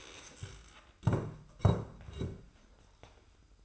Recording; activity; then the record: daily activity, microphone in the room; stand up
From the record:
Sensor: 2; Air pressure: 990.3 hPa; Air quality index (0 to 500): 180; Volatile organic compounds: 1000 ppm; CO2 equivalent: 5721 ppm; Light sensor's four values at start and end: 30/70/29/29 and 31/71/30/30